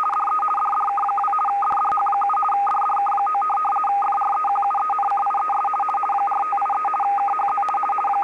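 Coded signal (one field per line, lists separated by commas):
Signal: RTTY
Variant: 50 baud, 450 Hz shift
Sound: steady rapid warbling between two close tones, continuous for the whole clip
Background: radio static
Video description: DDK 2 em 4.583 Khz, transmite informações de tempo com 1Kw de potência no modo rtty 50.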